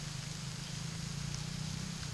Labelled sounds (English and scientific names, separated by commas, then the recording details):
none
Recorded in pastures near Puerto Asís, Putumayo, Colombia, on 30 June 2025 at 12:00
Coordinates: 0.497, -76.327
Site G040